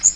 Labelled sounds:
Magnolia Warbler flight call

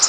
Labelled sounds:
Wilson's Warbler flight call

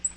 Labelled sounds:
Black-throated Green Warbler flight call

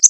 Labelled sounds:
Connecticut Warbler flight call

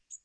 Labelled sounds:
Magnolia Warbler flight call

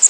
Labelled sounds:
Blackpoll Warbler flight call

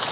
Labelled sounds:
Blue-winged Warbler flight call

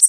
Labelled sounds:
Worm-eating Warbler flight call

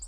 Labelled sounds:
Hermit Warbler flight call

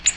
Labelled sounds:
Ovenbird flight call

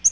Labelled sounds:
Yellow-rumped Warbler flight call

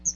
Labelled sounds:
Chestnut-sided Warbler flight call

